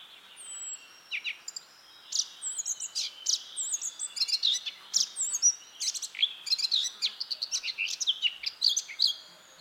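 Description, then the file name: Eurasian blackcap song: a varied stream of short chirps, sharp clicks and thin high whistles that continues throughout. "Sylvia atricapilla"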